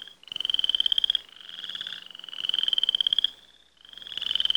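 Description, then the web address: Frog calling in buzzy pulsed trills lasting about a second, separated by brief quieter stretches with a soft wavering tone. "лягушки"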